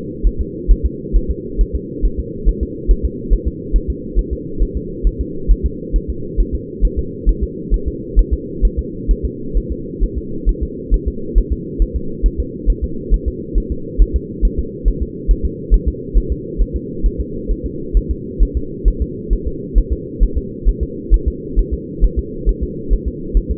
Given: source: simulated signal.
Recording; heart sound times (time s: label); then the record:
fetal heart sounds
0.26 s: S1
0.41 s: S2
0.71 s: S1
0.86 s: S2
1.16 s: S1
1.31 s: S2
1.61 s: S1
1.75 s: S2
2.05 s: S1
2.20 s: S2
2.49 s: S1
2.63 s: S2
2.91 s: S1
3.05 s: S2
3.33 s: S1
3.48 s: S2
3.76 s: S1
3.90 s: S2
4.19 s: S1
4.33 s: S2
4.62 s: S1
4.77 s: S2
5.07 s: S1
5.21 s: S2
5.51 s: S1
5.66 s: S2
5.96 s: S1
6.10 s: S2
6.40 s: S1
6.55 s: S2
6.85 s: S1
6.99 s: S2
7.29 s: S1
7.43 s: S2
7.74 s: S1
7.88 s: S2
8.19 s: S1
8.33 s: S2
8.65 s: S1
8.79 s: S2
9.11 s: S1
9.25 s: S2
9.57 s: S1
9.72 s: S2
10.03 s: S1
10.18 s: S2
10.49 s: S1
10.63 s: S2
10.94 s: S1
11.08 s: S2
11.38 s: S1
11.52 s: S2
11.82 s: S1
11.96 s: S2
12.26 s: S1
12.40 s: S2
12.70 s: S1
12.84 s: S2
13.14 s: S1
13.28 s: S2
13.58 s: S1
13.72 s: S2
14.02 s: S1
14.16 s: S2
14.45 s: S1
14.59 s: S2
14.88 s: S1
15.02 s: S2
15.31 s: S1
15.45 s: S2
15.74 s: S1
15.88 s: S2
16.18 s: S1
16.32 s: S2
16.61 s: S1
16.76 s: S2
17.06 s: S1
17.20 s: S2
17.51 s: S1
17.66 s: S2
17.97 s: S1
18.11 s: S2
18.43 s: S1
18.57 s: S2
18.88 s: S1
19.02 s: S2
19.33 s: S1
19.47 s: S2
19.78 s: S1
19.93 s: S2
20.23 s: S1
20.38 s: S2
20.69 s: S1
20.83 s: S2
21.14 s: S1
21.28 s: S2
21.59 s: S1
21.74 s: S2
22.04 s: S1
22.19 s: S2
22.49 s: S1
22.63 s: S2
22.93 s: S1
23.08 s: S2
23.37 s: S1
23.51 s: S2
From the record:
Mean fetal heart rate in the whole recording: 135 bpm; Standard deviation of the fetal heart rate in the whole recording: 3 bpm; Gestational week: 36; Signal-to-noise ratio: -4.3 dB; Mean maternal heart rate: 72 bpm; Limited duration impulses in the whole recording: absent